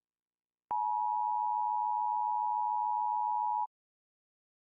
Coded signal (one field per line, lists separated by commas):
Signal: Emergency Alert System (SAME) tones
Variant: 853 and 960 Hz attention tone